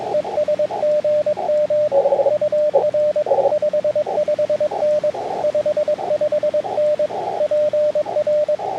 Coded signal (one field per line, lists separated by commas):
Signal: Morse code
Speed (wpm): 23 wpm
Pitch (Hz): 590 Hz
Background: radio noise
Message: ES GM UR 55N 55N PR